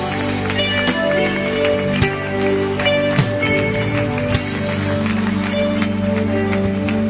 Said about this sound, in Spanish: Y recibe con gozo y alegría un aplauso en honor, Señor. Un aplauso de tus hijos, de tu pueblo.